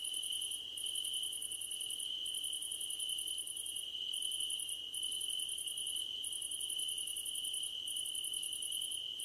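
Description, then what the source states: Crickets: steady shrill trill plus a very high, pulsing buzz in long bursts with brief gaps between. Crickets chirping at night under a starlit sky; nighttime ambience.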